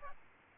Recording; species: mosquito wingbeat signal from an infrared sensor; Aedes albopictus